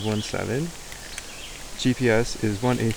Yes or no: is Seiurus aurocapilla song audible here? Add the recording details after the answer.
no. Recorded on 25 June 2016 at 16:23. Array SBT-6-76